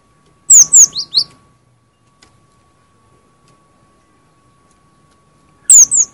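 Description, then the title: Cinereous tit: a quick phrase of four very high slurred notes at the start, then another phrase beginning about five seconds later at the end, with silence between and a faint steady hum. "G3latik b4t0 suara burung gelatik winko"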